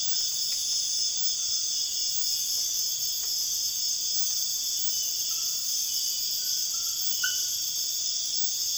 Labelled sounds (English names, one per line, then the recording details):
none
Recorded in dense forest near Puerto Asís, Putumayo, Colombia, on 9 March 2025 at 03:30
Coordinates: 0.481, -76.323
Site G088